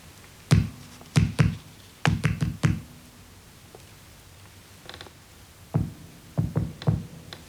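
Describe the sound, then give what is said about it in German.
Sharp knocks rapped on a wall in patterned groups: a pair, then a run of three or four, a pause, and another cluster of quick knocks, like coded signals with no voices. “Nächte hindurch klang das Klopfen an mein Ohr.”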